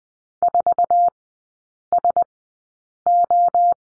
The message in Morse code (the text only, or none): 4SO